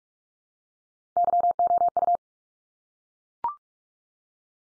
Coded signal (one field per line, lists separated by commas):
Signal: Morse code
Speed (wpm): 44 wpm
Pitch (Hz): 700 Hz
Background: none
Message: YOU